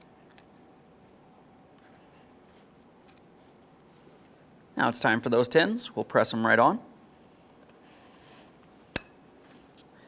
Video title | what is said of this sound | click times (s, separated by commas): How to Replace Rear Brake Calipers 2010-2013 Kia Forte Koup | listen for a click double check to make sure they're secured in place as you continue | 9.0 s